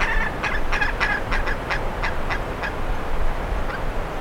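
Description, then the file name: Bird calling with quick, rasping notes for the first two and a half seconds, then fewer and fainter ones, against a steady noisy background. "SABIOD 50 bird 2015"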